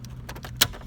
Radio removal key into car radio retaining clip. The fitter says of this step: like jam them in there but you go kind of slow until you hear them click here